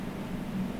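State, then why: Not seated. The tilt-in-space lever on a Barton patient recliner chair is squeezed while the seat is tilted, and the tilt lock mechanism is being handled. A steady low hum around 200 Hz sits under even broadband noise, with no sharp transients. Nothing has clicked or locked in place yet.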